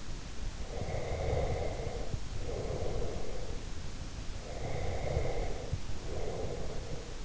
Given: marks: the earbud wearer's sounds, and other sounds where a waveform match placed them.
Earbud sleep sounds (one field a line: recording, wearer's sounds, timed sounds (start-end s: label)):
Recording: sounds in sleep by an in-ear microphone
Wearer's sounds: breath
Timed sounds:
0.63-3.62 s: breath
4.46-7.25 s: breath